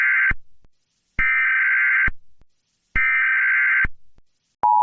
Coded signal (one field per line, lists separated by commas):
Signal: Emergency Alert System (SAME) tones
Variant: header bursts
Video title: Rating EAS alarms Cause Silly 🙃